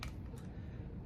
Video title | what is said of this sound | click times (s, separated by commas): Lensbaby NEW Product Launch Party! | a body. I use the Composer Pro 2, and it just pops right in there and you give it a twist. | 0.0 s